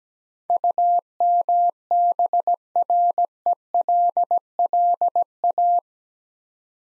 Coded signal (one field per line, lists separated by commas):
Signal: Morse code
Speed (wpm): 18 wpm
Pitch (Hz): 700 Hz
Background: none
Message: UMBRELLA